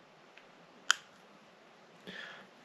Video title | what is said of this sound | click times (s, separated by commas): REBUILDING 20 YEAR OLD INTAKE MANIFOLD AND FUEL INJECTORS... C55 AMG M113 V8! | heard the little snap you can tell it's seated | 0.9 s